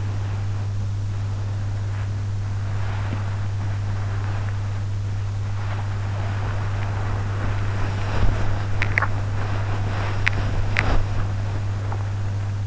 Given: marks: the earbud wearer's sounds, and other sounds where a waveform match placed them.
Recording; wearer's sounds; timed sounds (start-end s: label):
sounds in sleep by an in-ear microphone; body movement, teeth grinding
0.00-12.67 s: body movement
8.80-10.92 s: teeth grinding